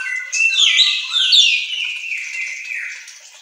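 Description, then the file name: Weaver song, a continuous wheezy, squeaky warble of high rising and falling whistles and buzzes. Continuously singing song style (auto gacor), used for training songbirds. "Suara Kicau Manyar Kepala Emas Auto Gacor"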